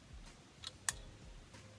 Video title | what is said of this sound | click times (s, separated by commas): Trumpet Valves & Slides | it clicks in place then it's locked into place | 0.9 s